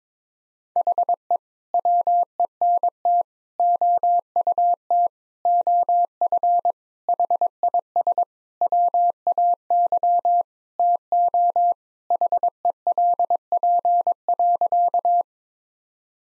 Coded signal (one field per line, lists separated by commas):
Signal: Morse code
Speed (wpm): 22 wpm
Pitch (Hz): 700 Hz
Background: none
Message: HE WENT OUT OF HIS WAY TO HELP.